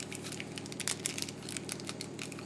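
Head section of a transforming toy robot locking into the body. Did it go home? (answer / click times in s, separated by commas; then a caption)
no / none. The plastic head section of a large transforming toy robot is handled as it is about to be flipped up to lock into the body, giving crinkly, rustling handling noise with brief sharp ticks near 0.9, 1.1, 1.2 and 1.7 seconds. The head part has not yet locked into place by the end of the clip.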